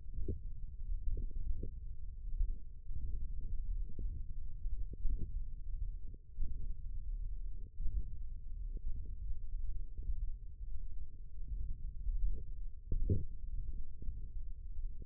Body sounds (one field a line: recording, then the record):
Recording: forearm muscle sounds (acoustic myography)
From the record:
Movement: wrist extension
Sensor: system 1, eight BSWA MPA416 microphones around the upper forearm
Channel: 2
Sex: male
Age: 21 years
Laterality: right